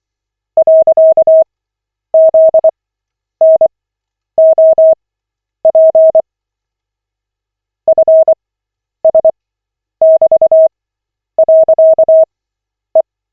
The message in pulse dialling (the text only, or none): none